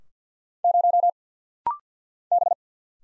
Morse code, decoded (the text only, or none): 0 B